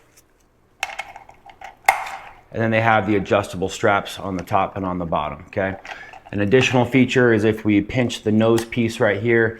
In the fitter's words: and then you reach these straps around you'll hear them click